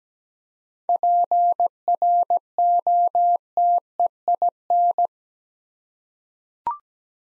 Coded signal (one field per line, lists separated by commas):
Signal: Morse code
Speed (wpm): 17 wpm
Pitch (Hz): 700 Hz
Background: none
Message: PROTEIN